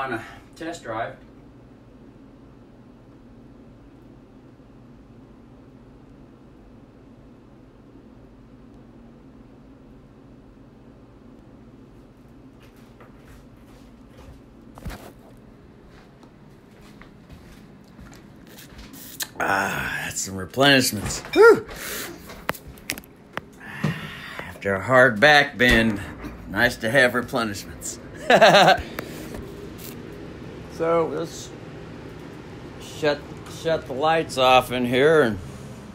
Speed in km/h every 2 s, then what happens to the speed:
1, 1, 1, 1, 1, 1, 1, 1, 0, 4, 0, 0, 1, 1, 1, 1, 1, 2.
0-32 standing.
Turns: none.